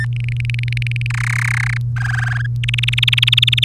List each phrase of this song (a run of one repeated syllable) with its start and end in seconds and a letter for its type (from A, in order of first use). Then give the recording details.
0.00-0.05 A, 0.13-1.07 B, 1.10-1.77 C, 1.96-2.46 D, 2.63-3.64 E. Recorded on 3 May 2018 at 08:40. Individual llb3